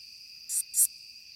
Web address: The Songs of Insects. Curve-tailed Bush Katydid